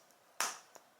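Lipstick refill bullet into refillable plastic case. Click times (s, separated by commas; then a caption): 0.4 s. A lipstick refill bullet is pushed into its refillable plastic case, giving one sharp, bright click at 0.4 s that trails off over about a quarter second, with a faint tick near 0.1 s and a softer tap around 0.8 s. The refill clicks home and is seated in the case.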